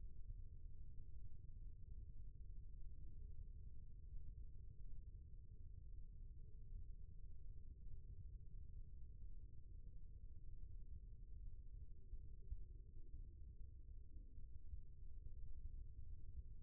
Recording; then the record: forearm muscle sounds (acoustic myography)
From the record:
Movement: rest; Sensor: system 1, eight BSWA MPA416 microphones around the upper forearm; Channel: 1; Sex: male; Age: 18 years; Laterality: right